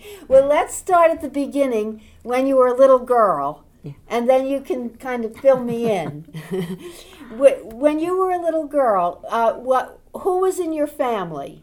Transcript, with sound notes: Well, let's start at the beginning when you were a little girl, and then you can kind of fill me in. (they laugh) When you were a little girl, what, who was in your family?